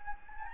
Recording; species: mosquito wingbeat signal from an infrared sensor; Anopheles gambiae